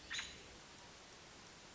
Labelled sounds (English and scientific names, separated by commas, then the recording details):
American Robin (Turdus migratorius)
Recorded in Sonoma County, California